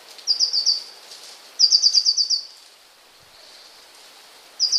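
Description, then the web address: Eurasian blue tit song: high, rapid trills of bright repeated notes, two longer phrases and a brief third, over soft steady hiss. "wroblowe kolekcja modraszka"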